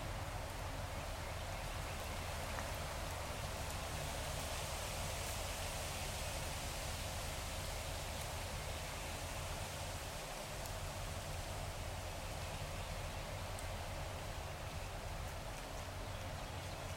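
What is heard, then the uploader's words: Wind rushes steadily through the trees in a dense, constant hiss with a low rumble underneath, staying even throughout with only faint brief ticks. Conecuh River Nature Trail, Florida.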